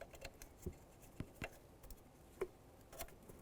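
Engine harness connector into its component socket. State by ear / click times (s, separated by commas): not seated / none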